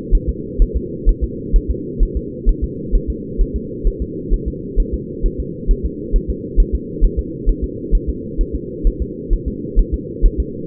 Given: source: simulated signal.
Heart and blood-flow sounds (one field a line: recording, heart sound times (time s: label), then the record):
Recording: fetal heart sounds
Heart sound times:
0.15 s: S1
0.29 s: S2
0.62 s: S1
0.77 s: S2
1.09 s: S1
1.24 s: S2
1.56 s: S1
1.70 s: S2
2.03 s: S1
2.17 s: S2
2.49 s: S1
2.64 s: S2
2.95 s: S1
3.10 s: S2
3.41 s: S1
3.56 s: S2
3.87 s: S1
4.02 s: S2
4.33 s: S1
4.48 s: S2
4.80 s: S1
4.94 s: S2
5.26 s: S1
5.40 s: S2
5.71 s: S1
5.86 s: S2
6.16 s: S1
6.30 s: S2
6.60 s: S1
6.75 s: S2
7.05 s: S1
7.19 s: S2
7.49 s: S1
7.64 s: S2
7.95 s: S1
8.09 s: S2
8.41 s: S1
8.55 s: S2
8.87 s: S1
9.02 s: S2
9.33 s: S1
9.48 s: S2
9.79 s: S1
9.94 s: S2
10.26 s: S1
10.40 s: S2
From the record:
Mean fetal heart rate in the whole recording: 130 bpm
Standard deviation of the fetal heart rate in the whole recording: 4 bpm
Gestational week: 38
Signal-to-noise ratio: -4.1 dB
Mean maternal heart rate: no maternal heart sound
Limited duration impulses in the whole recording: absent